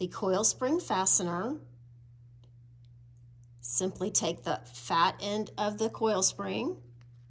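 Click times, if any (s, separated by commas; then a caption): none. A metal coil spring fastener is handled by its fat end, ready to be pushed into a bow for an aluminum Christmas tree, while someone talks. Faint ticks come in the quiet gap between the speech, but nothing has seated or clicked yet.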